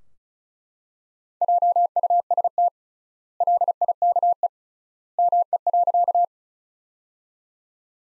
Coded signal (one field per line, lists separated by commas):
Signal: Morse code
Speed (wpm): 36 wpm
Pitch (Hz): 700 Hz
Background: none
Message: JUST LIKE ME.